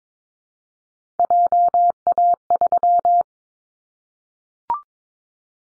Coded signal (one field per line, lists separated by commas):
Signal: Morse code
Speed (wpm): 22 wpm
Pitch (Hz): 700 Hz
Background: none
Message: JA3